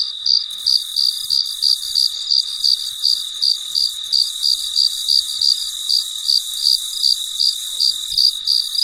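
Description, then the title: Cricket giving regular high chirps, about three per second, each a short bright pulse, against continuous shrill insect background. Recorded late at night in quiet surroundings. "深夜录制蟋蟀昆虫声"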